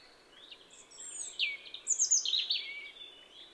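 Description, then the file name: European robin singing a varied phrase of high, thin whistles and liquid, descending warbles, rising in loudness toward the middle. "Erithacus rubecula"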